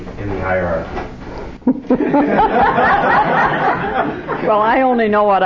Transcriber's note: mother and the congregation laugh